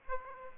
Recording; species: mosquito wingbeat signal from an infrared sensor; Aedes aegypti